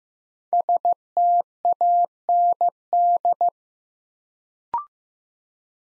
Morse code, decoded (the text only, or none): STAND